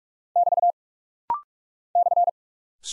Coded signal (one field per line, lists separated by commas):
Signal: Morse code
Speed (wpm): 44 wpm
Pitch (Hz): 700 Hz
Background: none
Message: <BT> /